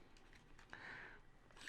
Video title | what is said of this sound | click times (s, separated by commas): Transformers Shattered Glass Grimlock Review | That one locked into place really good. | 0.7 s